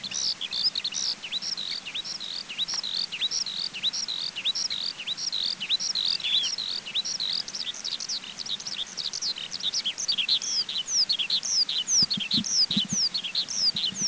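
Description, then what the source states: Oriental skylark song: an unbroken, fast stream of high chirping and twittering notes, rising and falling without pause, over a faint low hum. Recorded at Poyang Hu, China, on 4 March 2010.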